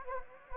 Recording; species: mosquito wingbeat signal from an infrared sensor; Anopheles gambiae